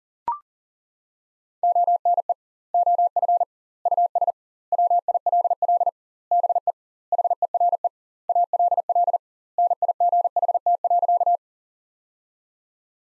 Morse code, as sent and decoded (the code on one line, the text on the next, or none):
--- -. . / --- ..-. / ..- ... / .-- .. .-.. .-.. / -... . / .... . .-. . / .- .-.. .-.. / -. .. --. .... - .-.-.-
ONE OF US WILL BE HERE ALL NIGHT.